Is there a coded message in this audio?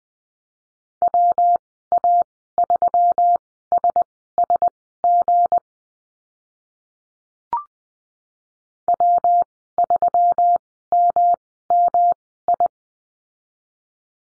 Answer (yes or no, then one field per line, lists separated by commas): yes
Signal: Morse code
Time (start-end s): 1.0-12.7 s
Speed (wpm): 20 wpm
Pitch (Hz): 700 Hz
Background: none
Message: WA3SSG W3MMI